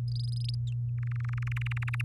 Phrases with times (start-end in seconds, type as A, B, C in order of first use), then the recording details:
0.08-0.55 A, 0.98-2.01 B. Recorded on 6 May 2018 at 05:47. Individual llb16